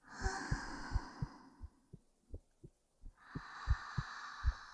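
Regular paired low thumps, about 85 beats a minute, of an adult's steady heartbeat heard close up, with soft hiss in the background.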